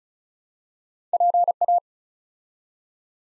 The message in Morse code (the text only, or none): PA